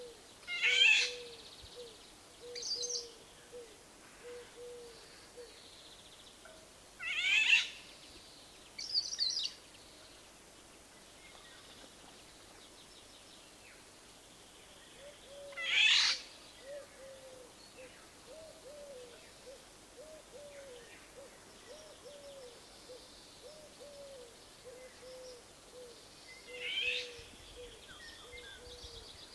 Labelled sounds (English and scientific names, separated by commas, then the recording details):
Eurasian Golden Oriole (Oriolus oriolus)
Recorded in the wild
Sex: male
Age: adult
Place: Russalka, Dobrudsha, BG
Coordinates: 43.4164, 28.5133
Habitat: park
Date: 2005-07-22
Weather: sunny, 23°C
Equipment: Marantz PMD 660, Sennheiser ME 80, K 3 U, Schalter III
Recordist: Frommolt, Karl-Heinz